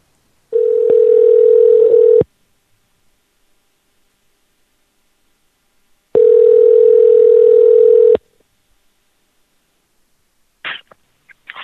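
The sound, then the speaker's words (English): A phone line rings on an outgoing call placed again to a man to see if he picks up: two long, steady, low-pitched ringback tones about four seconds apart, each lasting two seconds. Brief, choppy sounds follow as the line connects. “Alright, give him another call here, see if he picks up again.”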